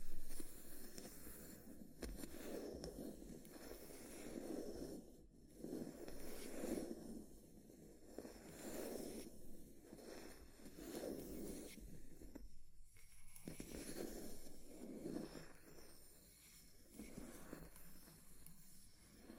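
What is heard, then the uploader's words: Fire crackles steadily with dense, irregular pops and snaps over a low rumbling bed. The sound swells and eases in waves every second or two, with a short near-silent dip around twelve to thirteen seconds before the crackling resumes. Fire Crackling, Tapping, Scratching.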